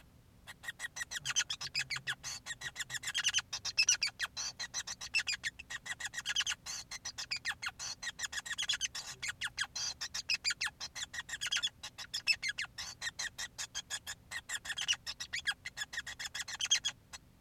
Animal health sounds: song of a male Bengalese finch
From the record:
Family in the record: son of father 5

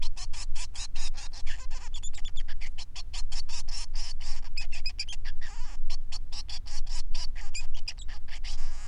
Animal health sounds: song of a male Bengalese finch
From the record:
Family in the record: son of father 3

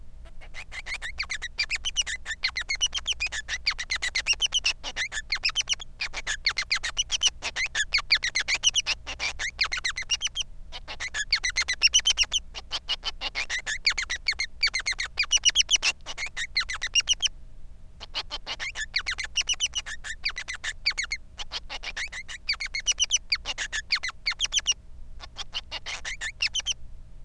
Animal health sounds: song of a male Bengalese finch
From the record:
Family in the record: son of father 3

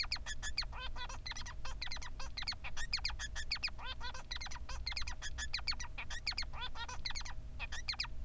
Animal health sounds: song of a male Bengalese finch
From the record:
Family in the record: son of father 3

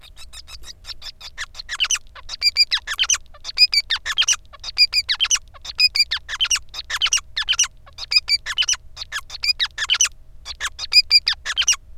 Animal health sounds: song of a male Bengalese finch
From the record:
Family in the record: son of father 5

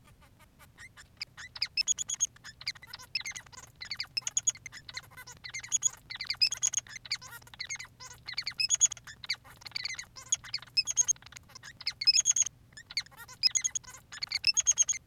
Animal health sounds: song of a male Bengalese finch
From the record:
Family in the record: son of father 3

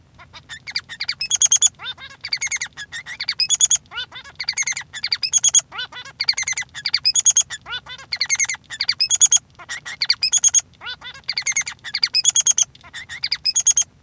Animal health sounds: song of a male Bengalese finch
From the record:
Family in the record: son of father 3

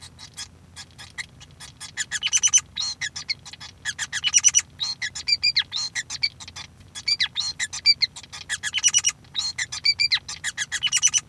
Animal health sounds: song of a male Bengalese finch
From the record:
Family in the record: son of father 5

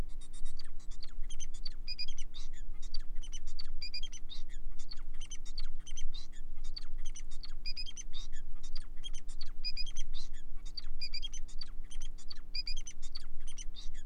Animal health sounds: song of a male Bengalese finch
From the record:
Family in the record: son of father 4

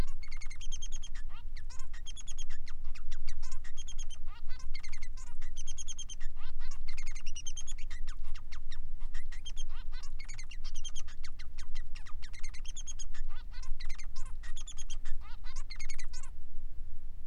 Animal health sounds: song of a male Bengalese finch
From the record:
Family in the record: son of father 3

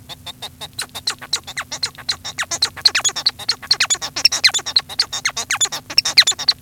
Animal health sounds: song of a male Bengalese finch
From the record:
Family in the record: son of father 1

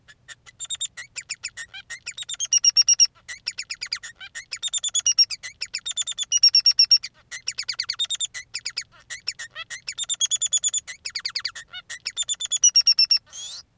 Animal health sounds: song of a male Bengalese finch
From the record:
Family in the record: son of father 3

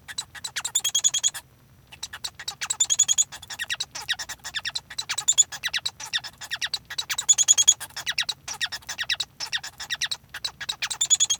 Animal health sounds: song of a male Bengalese finch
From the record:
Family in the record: son of father 1

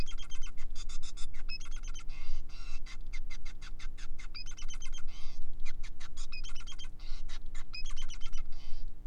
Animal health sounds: song of a male Bengalese finch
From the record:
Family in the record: son of father 5

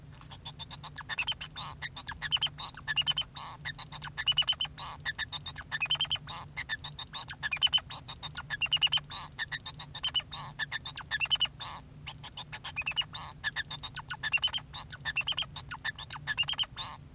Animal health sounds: song of a male Bengalese finch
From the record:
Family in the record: son of father 2

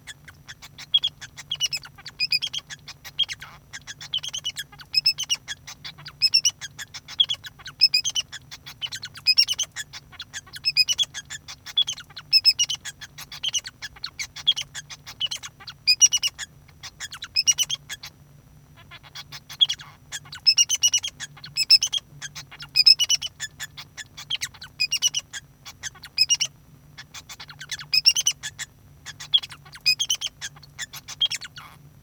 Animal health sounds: song of a male Bengalese finch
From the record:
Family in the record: son of father 2

